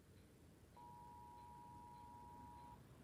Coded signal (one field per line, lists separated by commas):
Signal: Emergency Alert System (SAME) tones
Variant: 853 and 960 Hz attention tone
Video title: USA EAS alarm